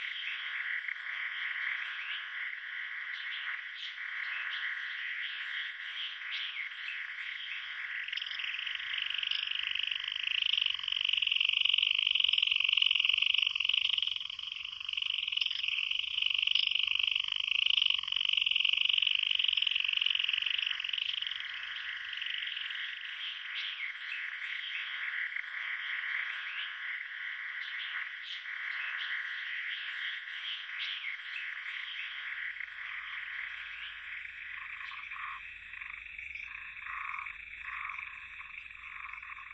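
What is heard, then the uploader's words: A dense chorus of frogs calls without pause, a bright, rapid trilling and croaking that fills the whole forty seconds. It swells loudest around ten to twenty seconds, then settles back, with a faint low rumble underneath at times. Frog.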